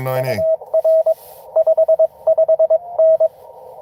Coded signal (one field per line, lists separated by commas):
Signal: Morse code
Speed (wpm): 23 wpm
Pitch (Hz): 690 Hz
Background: speech, radio noise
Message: UR 55N